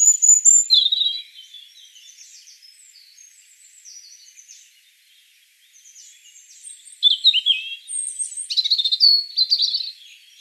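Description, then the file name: European robin singing: a high thin whistle and warbling tumble, several seconds of soft quiet twitters, then another bright, rapid run of tinkling notes. "Erithacus rubecula"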